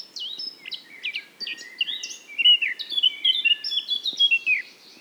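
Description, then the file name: Eurasian blackcap song, a rapid tumbling warble of mixed twittering and clear whistled notes, continuous throughout. "Sylvia atricapilla"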